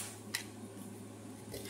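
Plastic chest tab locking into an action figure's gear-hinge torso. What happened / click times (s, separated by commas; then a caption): A small plastic tab clicks into place / 0.3 s. The white plastic chest tabs on a 2021 reissue Transformers Beast Wars Optimus Primal action figure are flipped up against the gear-hinge torso that drives its chest-pounding gimmick. A single short, soft click sounds at 0.4 s over a low steady hum. The tab has locked into place.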